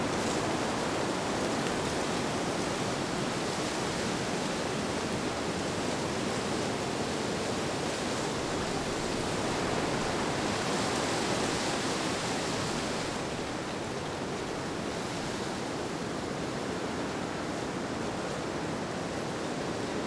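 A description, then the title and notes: Windy rain makes a dense, unbroken hiss that fills everything from low rumble to bright top, with no separate drops or gusts standing out. Around thirteen seconds the sound softens slightly and loses a little brightness, then holds steady to the end. Sleeping Through the Windy Rain White Noise.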